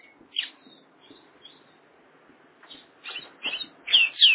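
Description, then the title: Oriental magpie-robin giving short high whistled notes, sparse at first, then louder clustered sweet whistles and quick chirps toward the end. "Kacer"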